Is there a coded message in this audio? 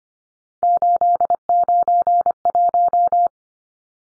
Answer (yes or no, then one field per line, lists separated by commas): yes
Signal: Morse code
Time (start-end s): 0.6-3.3 s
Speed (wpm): 25 wpm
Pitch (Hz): 700 Hz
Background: none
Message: 891